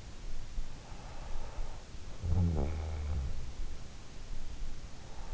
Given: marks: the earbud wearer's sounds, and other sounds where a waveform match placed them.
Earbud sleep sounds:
sounds in sleep by an in-ear microphone; snoring breath
1.54-4.11 s: snoring breath

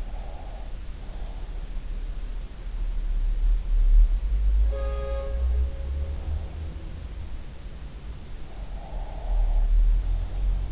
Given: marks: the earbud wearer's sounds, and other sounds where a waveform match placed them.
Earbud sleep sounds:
sounds in sleep by an in-ear microphone; breath
0.00-1.61 s: breath
4.63-6.92 s: sound from someone else or the room
8.72-10.72 s: breath

